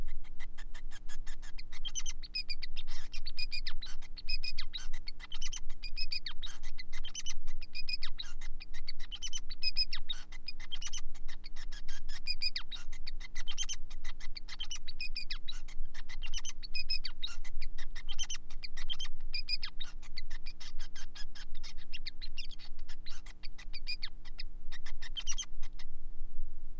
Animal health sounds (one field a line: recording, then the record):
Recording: song of a male Bengalese finch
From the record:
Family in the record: son of father 5